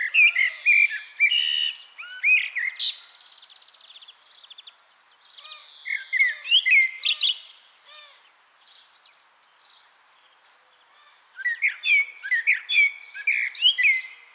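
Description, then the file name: Common blackbird singing three bouts of mellow, fluted whistles mixed with high, squeaky twitters, separated by pauses. "Turdus merula"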